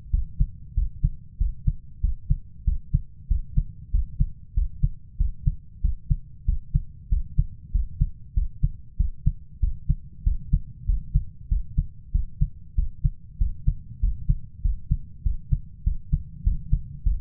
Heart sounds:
heart sounds by stethoscope; 96 bpm
0.13 s: heartbeat
0.77 s: heartbeat
1.40 s: heartbeat
2.03 s: heartbeat
2.67 s: heartbeat
3.30 s: heartbeat
3.94 s: heartbeat
4.57 s: heartbeat
5.20 s: heartbeat
5.84 s: heartbeat
6.48 s: heartbeat
7.12 s: heartbeat
7.74 s: heartbeat
8.37 s: heartbeat
8.99 s: heartbeat
9.63 s: heartbeat
10.26 s: heartbeat
10.88 s: heartbeat
11.51 s: heartbeat
12.14 s: heartbeat
12.78 s: heartbeat
13.41 s: heartbeat
14.03 s: heartbeat
14.64 s: heartbeat
15.25 s: heartbeat
15.86 s: heartbeat
16.46 s: heartbeat
17.06 s: heartbeat
From the record:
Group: healthy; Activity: rest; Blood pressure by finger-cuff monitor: 157/92 mmHg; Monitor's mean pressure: 109 mmHg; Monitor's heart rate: 95 bpm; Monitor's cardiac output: 7.5 L/min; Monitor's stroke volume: 79 mL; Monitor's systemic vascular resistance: 1070 dyn s/cm5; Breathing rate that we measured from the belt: 19 breaths a minute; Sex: male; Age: 21 years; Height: 175 cm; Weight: 72.6 kg

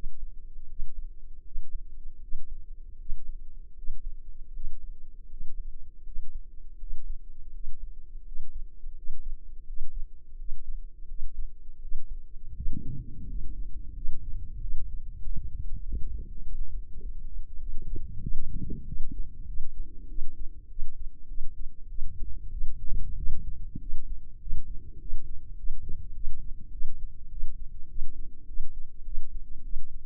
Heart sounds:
heart sounds by microphone in the left ear; 91 bpm
0.67 s: heartbeat
1.43 s: heartbeat
2.20 s: heartbeat
2.97 s: heartbeat
3.75 s: heartbeat
4.52 s: heartbeat
5.28 s: heartbeat
6.03 s: heartbeat
6.78 s: heartbeat
7.51 s: heartbeat
8.24 s: heartbeat
8.94 s: heartbeat
9.65 s: heartbeat
10.37 s: heartbeat
11.07 s: heartbeat
11.79 s: heartbeat
12.53 s: heartbeat
13.26 s: heartbeat
13.94 s: heartbeat
14.59 s: heartbeat
15.22 s: heartbeat
15.84 s: heartbeat
16.43 s: heartbeat
17.00 s: heartbeat
17.58 s: heartbeat
18.21 s: heartbeat
18.85 s: heartbeat
19.45 s: heartbeat
20.07 s: heartbeat
20.68 s: heartbeat
21.27 s: heartbeat
21.88 s: heartbeat
22.50 s: heartbeat
23.15 s: heartbeat
23.79 s: heartbeat
24.38 s: heartbeat
24.98 s: heartbeat
25.56 s: heartbeat
26.13 s: heartbeat
26.71 s: heartbeat
27.29 s: heartbeat
27.87 s: heartbeat
28.46 s: heartbeat
29.04 s: heartbeat
29.62 s: heartbeat
From the record:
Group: healthy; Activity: breath hold 0-14 s, rest 14-30 s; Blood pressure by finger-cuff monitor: 96/57 mmHg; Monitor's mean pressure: 72 mmHg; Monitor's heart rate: 90 bpm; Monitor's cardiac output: 6.9 L/min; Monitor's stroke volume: 83 mL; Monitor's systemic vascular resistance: 730 dyn s/cm5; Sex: female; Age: 24 years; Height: 163 cm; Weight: 55.7 kg

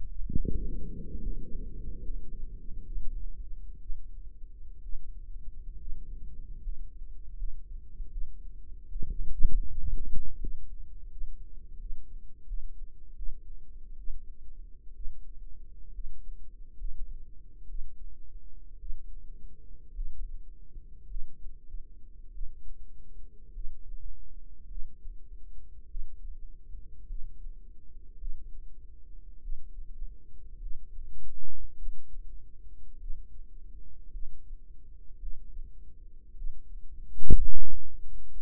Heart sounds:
heart sounds by microphone in the right ear; 61 bpm
0.26 s: heartbeat
1.20 s: heartbeat
2.03 s: heartbeat
2.85 s: heartbeat
3.79 s: heartbeat
4.82 s: heartbeat
5.78 s: heartbeat
6.62 s: heartbeat
7.36 s: heartbeat
8.10 s: heartbeat
8.89 s: heartbeat
9.67 s: heartbeat
10.40 s: heartbeat
11.10 s: heartbeat
11.79 s: heartbeat
12.47 s: heartbeat
13.16 s: heartbeat
13.97 s: heartbeat
14.94 s: heartbeat
15.93 s: heartbeat
16.77 s: heartbeat
17.68 s: heartbeat
18.79 s: heartbeat
19.94 s: heartbeat
21.08 s: heartbeat
22.32 s: heartbeat
23.52 s: heartbeat
24.68 s: heartbeat
25.88 s: heartbeat
27.07 s: heartbeat
28.18 s: heartbeat
29.41 s: heartbeat
30.59 s: heartbeat
31.77 s: heartbeat
32.99 s: heartbeat
34.11 s: heartbeat
35.19 s: heartbeat
36.35 s: heartbeat
37.57 s: heartbeat
From the record:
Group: healthy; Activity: rest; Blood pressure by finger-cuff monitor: 97/58 mmHg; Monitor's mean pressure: 70 mmHg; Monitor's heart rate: 55 bpm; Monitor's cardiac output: 5 L/min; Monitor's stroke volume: 89 mL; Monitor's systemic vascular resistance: 1030 dyn s/cm5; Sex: female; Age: 28 years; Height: 170 cm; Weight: 77 kg

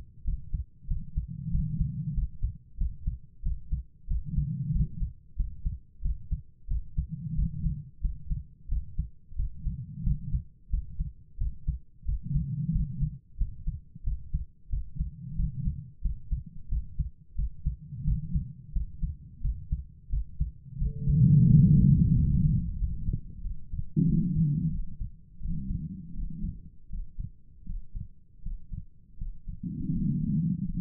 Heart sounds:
heart sounds by stethoscope; 89 bpm
0.23 s: heartbeat
0.86 s: heartbeat
1.50 s: heartbeat
2.13 s: heartbeat
2.76 s: heartbeat
3.41 s: heartbeat
4.06 s: heartbeat
4.71 s: heartbeat
5.35 s: heartbeat
6.00 s: heartbeat
6.66 s: heartbeat
7.34 s: heartbeat
8.00 s: heartbeat
8.67 s: heartbeat
9.34 s: heartbeat
10.02 s: heartbeat
10.69 s: heartbeat
11.36 s: heartbeat
12.04 s: heartbeat
12.71 s: heartbeat
13.36 s: heartbeat
14.03 s: heartbeat
14.68 s: heartbeat
15.35 s: heartbeat
16.00 s: heartbeat
16.67 s: heartbeat
17.34 s: heartbeat
18.03 s: heartbeat
18.71 s: heartbeat
19.40 s: heartbeat
20.08 s: heartbeat
20.77 s: heartbeat
21.45 s: heartbeat
22.12 s: heartbeat
22.76 s: heartbeat
23.40 s: heartbeat
24.03 s: heartbeat
24.69 s: heartbeat
25.39 s: heartbeat
26.12 s: heartbeat
26.88 s: heartbeat
27.64 s: heartbeat
28.41 s: heartbeat
29.16 s: heartbeat
29.90 s: heartbeat
30.63 s: heartbeat
From the record:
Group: healthy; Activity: rest 0-22 s, breath hold 22-31 s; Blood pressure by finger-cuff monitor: 115/69 mmHg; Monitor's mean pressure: 87 mmHg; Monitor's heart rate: 91 bpm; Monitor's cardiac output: 7.3 L/min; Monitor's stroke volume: 80 mL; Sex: female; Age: 32 years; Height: 172 cm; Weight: 71.7 kg

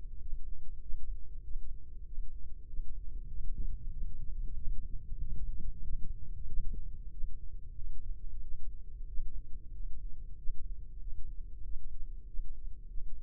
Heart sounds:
heart sounds by microphone in the left ear; 95 bpm
0.18 s: heartbeat
0.79 s: heartbeat
1.40 s: heartbeat
2.03 s: heartbeat
2.64 s: heartbeat
3.26 s: heartbeat
3.88 s: heartbeat
4.52 s: heartbeat
5.16 s: heartbeat
5.80 s: heartbeat
6.44 s: heartbeat
7.08 s: heartbeat
7.74 s: heartbeat
8.39 s: heartbeat
9.04 s: heartbeat
9.70 s: heartbeat
10.34 s: heartbeat
10.97 s: heartbeat
11.60 s: heartbeat
12.24 s: heartbeat
12.86 s: heartbeat
From the record:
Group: healthy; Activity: rest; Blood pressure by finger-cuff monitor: 97/60 mmHg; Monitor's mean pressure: 70 mmHg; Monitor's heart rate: 95 bpm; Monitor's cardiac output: 6.6 L/min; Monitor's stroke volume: 70 mL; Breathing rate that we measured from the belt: 23 breaths a minute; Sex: male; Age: 22 years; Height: 181 cm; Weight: 60 kg

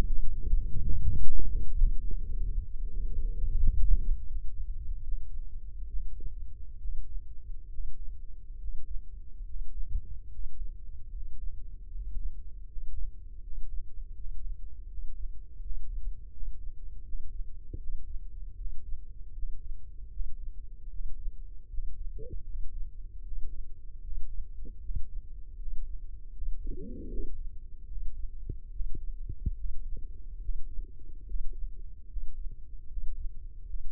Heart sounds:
heart sounds by microphone in the left ear; 76 bpm
0.66 s: heartbeat
1.43 s: heartbeat
2.17 s: heartbeat
2.88 s: heartbeat
3.58 s: heartbeat
4.27 s: heartbeat
5.03 s: heartbeat
5.87 s: heartbeat
6.78 s: heartbeat
7.68 s: heartbeat
8.57 s: heartbeat
9.44 s: heartbeat
10.28 s: heartbeat
11.10 s: heartbeat
11.89 s: heartbeat
12.65 s: heartbeat
13.40 s: heartbeat
14.13 s: heartbeat
14.87 s: heartbeat
15.59 s: heartbeat
16.30 s: heartbeat
17.02 s: heartbeat
17.77 s: heartbeat
18.55 s: heartbeat
19.32 s: heartbeat
20.09 s: heartbeat
20.88 s: heartbeat
21.67 s: heartbeat
22.43 s: heartbeat
23.21 s: heartbeat
24.00 s: heartbeat
24.79 s: heartbeat
25.56 s: heartbeat
26.31 s: heartbeat
27.07 s: heartbeat
27.86 s: heartbeat
28.70 s: heartbeat
29.54 s: heartbeat
30.39 s: heartbeat
31.24 s: heartbeat
32.06 s: heartbeat
32.86 s: heartbeat
33.64 s: heartbeat
From the record:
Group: healthy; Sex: male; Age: 35 years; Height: 178 cm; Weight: 64 kg

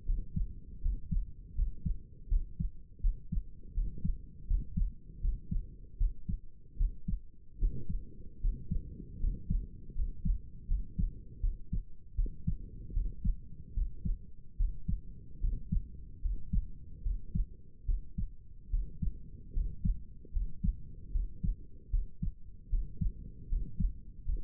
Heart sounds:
heart sounds by stethoscope; 77 bpm
0.05 s: heartbeat
0.81 s: heartbeat
1.54 s: heartbeat
2.28 s: heartbeat
3.01 s: heartbeat
3.74 s: heartbeat
4.46 s: heartbeat
5.20 s: heartbeat
5.97 s: heartbeat
6.76 s: heartbeat
7.58 s: heartbeat
8.40 s: heartbeat
9.19 s: heartbeat
9.94 s: heartbeat
10.67 s: heartbeat
11.40 s: heartbeat
12.15 s: heartbeat
12.93 s: heartbeat
13.73 s: heartbeat
14.56 s: heartbeat
15.40 s: heartbeat
16.21 s: heartbeat
17.02 s: heartbeat
17.85 s: heartbeat
18.70 s: heartbeat
19.53 s: heartbeat
20.32 s: heartbeat
21.11 s: heartbeat
21.90 s: heartbeat
22.69 s: heartbeat
23.48 s: heartbeat
24.24 s: heartbeat
From the record:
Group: healthy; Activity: rest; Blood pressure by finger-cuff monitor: 108/72 mmHg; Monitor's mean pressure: 80 mmHg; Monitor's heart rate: 75 bpm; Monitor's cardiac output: 6.1 L/min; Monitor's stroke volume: 80 mL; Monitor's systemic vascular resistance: 960 dyn s/cm5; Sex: male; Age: 35 years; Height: 180 cm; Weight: 86.9 kg

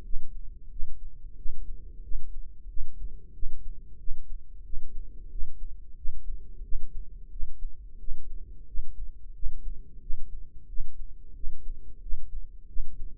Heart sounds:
heart sounds by microphone in the right ear; 90 bpm
0.04 s: heartbeat
0.70 s: heartbeat
1.37 s: heartbeat
2.02 s: heartbeat
2.68 s: heartbeat
3.33 s: heartbeat
3.98 s: heartbeat
4.64 s: heartbeat
5.30 s: heartbeat
5.96 s: heartbeat
6.63 s: heartbeat
7.30 s: heartbeat
7.99 s: heartbeat
8.66 s: heartbeat
9.34 s: heartbeat
10.01 s: heartbeat
10.67 s: heartbeat
11.34 s: heartbeat
12.01 s: heartbeat
12.67 s: heartbeat
From the record:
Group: healthy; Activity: rest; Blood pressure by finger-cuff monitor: 117/66 mmHg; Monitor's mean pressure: 80 mmHg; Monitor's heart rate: 90 bpm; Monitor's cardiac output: 6.6 L/min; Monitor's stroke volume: 74 mL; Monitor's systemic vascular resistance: 870 dyn s/cm5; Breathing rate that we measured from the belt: 18 breaths a minute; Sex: female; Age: 43 years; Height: 160 cm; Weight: 90 kg

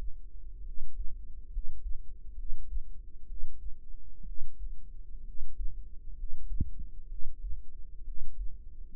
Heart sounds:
heart sounds by microphone in the right ear; 65 bpm
0.61 s: heartbeat
1.47 s: heartbeat
2.33 s: heartbeat
3.24 s: heartbeat
4.22 s: heartbeat
5.22 s: heartbeat
6.13 s: heartbeat
7.06 s: heartbeat
8.02 s: heartbeat
From the record:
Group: healthy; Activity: rest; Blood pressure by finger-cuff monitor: 113/69 mmHg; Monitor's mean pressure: 82 mmHg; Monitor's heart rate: 65 bpm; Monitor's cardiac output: 5.5 L/min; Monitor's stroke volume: 86 mL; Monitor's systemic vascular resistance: 1090 dyn s/cm5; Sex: female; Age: 22 years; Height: 171 cm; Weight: 65.6 kg

